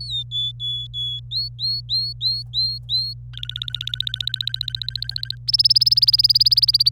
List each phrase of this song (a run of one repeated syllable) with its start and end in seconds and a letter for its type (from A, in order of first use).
0.00-1.20 A, 1.32-3.13 B, 3.33-5.35 C, 5.48-6.89 D